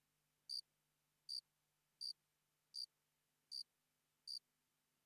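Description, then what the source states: Cricket chirping: a single short high chirp repeated steadily about every three-quarters of a second, seven chirps in all. One cricket calling sparsely.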